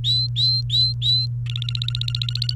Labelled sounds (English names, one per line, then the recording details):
Domestic Canary song
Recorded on 30 April 2018 at 07:49
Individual llb3